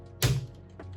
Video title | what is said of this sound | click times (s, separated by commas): Streamer montando PRIMEIRO PC GAMER AM5 e DDR5!!! | Pronto, encaixou certinho. | 0.2 s